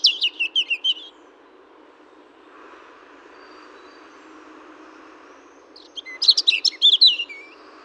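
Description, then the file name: European robin song: a short burst of high, tumbling, warbled notes, a long pause, then another rapid high twittering phrase. "Erithacus rubecula"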